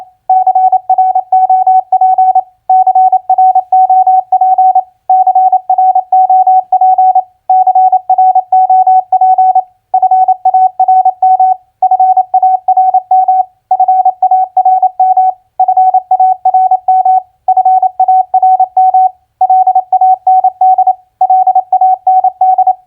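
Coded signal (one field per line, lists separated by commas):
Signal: Morse code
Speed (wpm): 28 wpm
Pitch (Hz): 750 Hz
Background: none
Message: CROP CROP CROP CROP FARM FARM FARM FARM FARM LAND LAND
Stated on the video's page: Morse practice of common four-letter word recognition played at 28 wpm.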